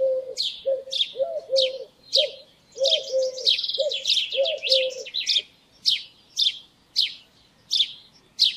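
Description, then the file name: House sparrow giving steady repeated chirps, roughly two per second with a brief fast flurry midway, over lower tonal notes in the first half. "Passer domesticus"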